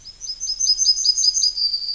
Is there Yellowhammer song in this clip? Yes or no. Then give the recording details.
yes. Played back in forest. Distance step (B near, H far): C. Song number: 059